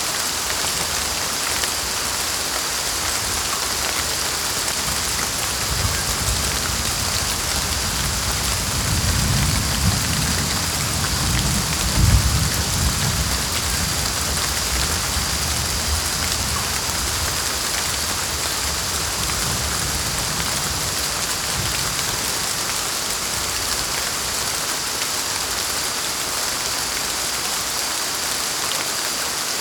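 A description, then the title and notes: Steady, dense rain hisses evenly throughout, with a low rumbling swell around ten to thirteen seconds like thunder or gusting wind. Tropical Storm - Brown Noise.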